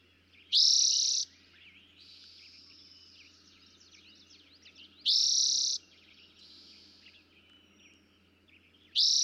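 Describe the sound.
Eastern towhee song: a loud, dense trill lasting under a second, repeated about every four and a half seconds, with fainter chirps and whistles between.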